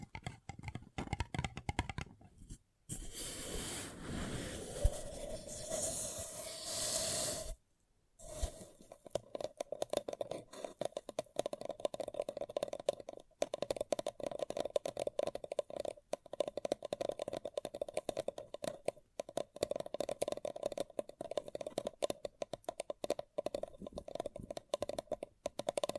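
Fingers tap and scratch on a paper cup in quick, dense clusters of crisp clicks, with a steady low tone running underneath. Around three to seven seconds a brighter rustling wash takes over, then short silences break the tapping before it resumes and continues.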